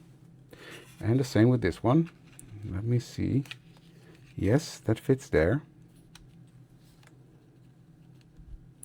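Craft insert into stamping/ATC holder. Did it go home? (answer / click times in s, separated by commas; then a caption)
no / none. Someone talks while pressing a cut layer or insert into a stamping/ATC crafting holder where it should click into place, and only a few faint, soft taps follow. Nothing has clicked into place; it fails because the wrong piece was picked up.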